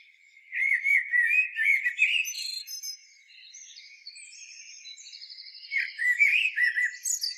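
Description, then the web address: Common blackbird song: a fluty warbled phrase, then quieter high thin notes, then a second mellow phrase starts at the end. "SETE data Turdus merula"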